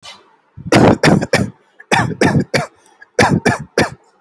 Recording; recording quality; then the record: shallow voluntary cough; excellent, no background noise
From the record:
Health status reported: healthy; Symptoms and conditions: none ticked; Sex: male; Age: 23 years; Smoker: not ticked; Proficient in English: yes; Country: India